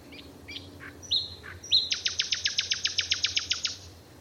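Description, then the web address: Bird calls: a few scattered high chirps, then a rapid, even series of many sharp notes. "Bird Only"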